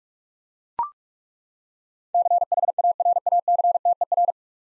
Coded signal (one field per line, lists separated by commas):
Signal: Morse code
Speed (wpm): 42 wpm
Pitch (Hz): 700 Hz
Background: none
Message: CHARACTER